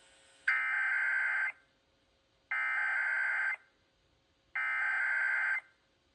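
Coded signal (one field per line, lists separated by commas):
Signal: Emergency Alert System (SAME) tones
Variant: header bursts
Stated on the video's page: Required monthly test for Nassau and Suffolk, New York, issued by an EAS participant, heard on WALK 97.5 FM.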